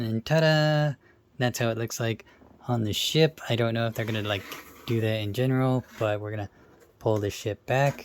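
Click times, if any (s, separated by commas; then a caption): none. Someone talks while handling the plastic ship section of a combining robot toy, about to pull it back so it slides into the toy's body, where it will click into place and reveal a lightning bolt detail. Nothing has seated or clicked yet in this clip.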